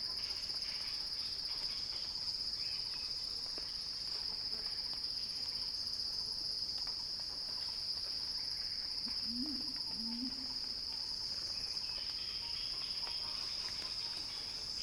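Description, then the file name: Cicada song forms an unbroken high-pitched whine throughout, with one brief low two-note call midway and scattered faint clicks. Cicada song building in a crescendo, recorded by Axel Drioli for Earth.fm. "earth-fm Axel-Drioli Cicada-Crescendo-Sounding-Wild"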